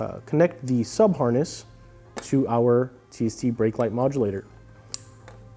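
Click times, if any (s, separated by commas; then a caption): 4.9 s. Someone talks over background music while the plastic sub-harness connector is pushed into the TST plug-and-play strobe brake light modulator module on a 2022+ Suzuki GSX-S1000. A sharp click sounds at 4.9 s as its latch engages, seating the connector and securing it in place.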